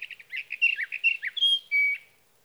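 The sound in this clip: Sage thrasher warbling rapidly for over a second, then ending with two long, pure whistled notes.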